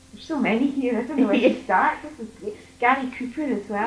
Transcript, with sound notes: There's so many here. I don't know where to start.
Yeah. [laughs]
This is great! Gary Cooper as well.